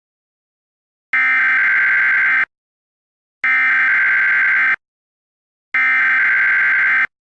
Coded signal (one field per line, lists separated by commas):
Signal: Emergency Alert System (SAME) tones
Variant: header bursts